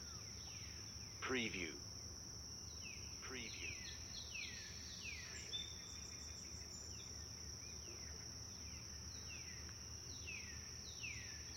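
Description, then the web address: Birds repeating descending whistled chirps, two harsh rasping bursts early on, and a continuous high-pitched insect drone underneath. Several birds chirping in a forest. "sound-effects-bible Forest Birds Chirp"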